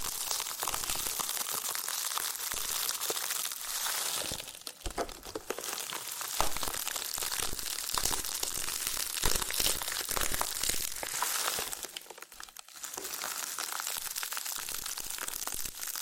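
Loofah scratching and peeling fills the clip with a dense, bright crinkling texture of rapid small crackles. It runs nearly continuously, with brief quieter dips around 4.5 and 12.5 seconds, and sharper pops and cracks scattered throughout.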